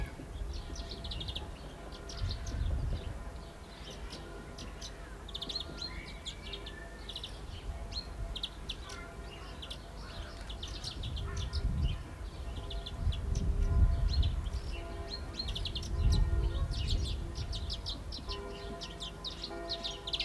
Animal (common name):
European Greenfinch